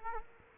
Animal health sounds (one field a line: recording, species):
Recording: mosquito wingbeat signal from an infrared sensor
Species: Culex quinquefasciatus